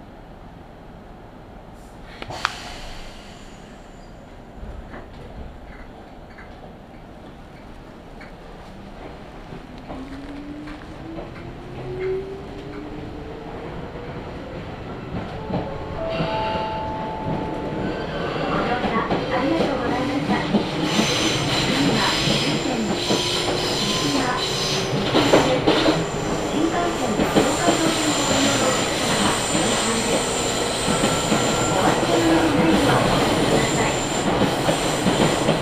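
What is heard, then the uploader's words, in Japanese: A train pulls in and passes, its rumble swelling steadily from quiet to loud, with wheels squealing and rising tones from about ten seconds on. 伊豆箱根鉄道 大場→三島 東海道本線 三島→沼津。大場までくると日が西に傾きはじめて予想以上に冷えてきました。最初に乗った電車が三島から入線してきて行き違いをします。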